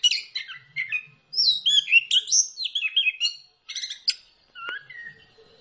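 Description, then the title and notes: Bird song of warbled, looping whistles and twittering notes, followed by a few sharp chips and a final falling whistle. Bird chirping song meant for training pet birds. "Suara Burung. Suara Kicauan Burung untuk memaster burung kesayangan"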